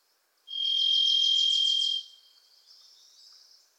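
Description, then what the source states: Varied thrush song, one long steady whistled buzz lasting about one and a half seconds, with rapid chattering notes from a second bird layered over it. Wild bird in Pacific Northwest forest; its voice is likened to crying "Listen. Listen."; a Wilson's Warbler sings alongside.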